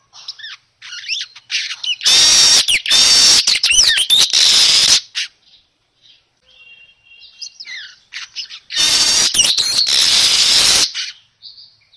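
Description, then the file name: Weaver song in two loud bursts of wheezy, rattling chatter with squeaky whistles, separated by quieter chirps and a short thin note. Lure sound for a weaver, described as gacor, meaning singing loudly and continuously. "Suara Pancingan Burung Manyar Gacor Dor"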